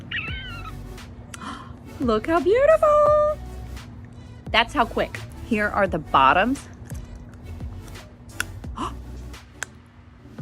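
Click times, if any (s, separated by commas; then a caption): 8.4 s, 9.6 s. A removable plastic snap-on veneer is pressed onto the wearer's lower teeth while someone talks over background music. Two sharp, loud snaps at 8.4 s and 9.6 s mark the veneer seating firmly over the bottom teeth.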